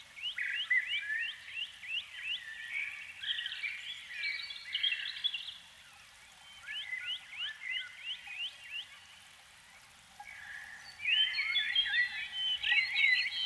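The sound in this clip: Canary song: runs of quick rising whistled notes repeated in series, warbled passages between, a quiet gap, then a loud burst of rapid warbled notes at the end.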